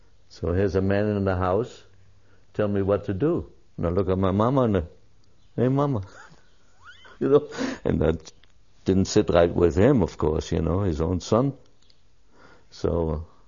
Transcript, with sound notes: So here's a man in the house, tellin' me what to do, and I look at my mama and I, "Hey, mama," (laughs) you know? And that - didn't sit right with him, of course, you know, his own son. So,